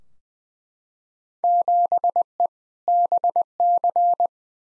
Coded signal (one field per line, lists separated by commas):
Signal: Morse code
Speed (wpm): 20 wpm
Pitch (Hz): 700 Hz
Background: none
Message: 7E BC